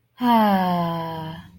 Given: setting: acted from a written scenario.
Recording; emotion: vocal sound without words; contentment